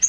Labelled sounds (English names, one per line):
Yellow-rumped Warbler flight call